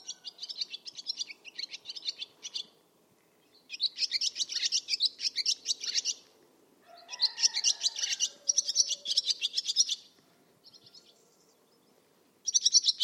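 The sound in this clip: Barn swallow giving long runs of fast, buzzy twittering chirps in repeated bursts with brief gaps, and a faint lower sound midway.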